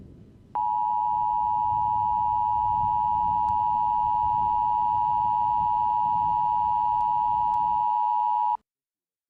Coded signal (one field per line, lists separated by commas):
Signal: Emergency Alert System (SAME) tones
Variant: 853 and 960 Hz attention tone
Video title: [EAS Scenario] Just a Summer Day Part 1 [Immersive EAS]